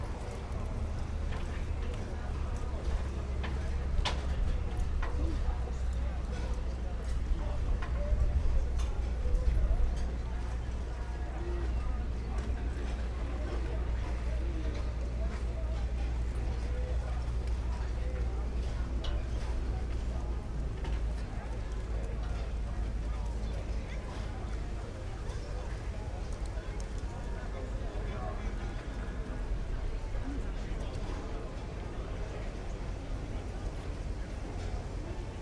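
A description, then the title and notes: Day trippers amble along the waterfront past people eating early suppers, a steady murmur of many voices with no single speaker standing out. A low rumble underlies the first ten seconds, and scattered clicks and clinks occur throughout. Late afternoon at Nagu Strandvagen. In Nagu, Finland, on a sunny Sunday afternoon looking out from the pier of the Archipelago Line route Turku–Själö–Nagu, day trippers with dogs and ice-creams, amble past others enjoying early suppers in the waterfront restaurants. Recorded by Julian Weaver.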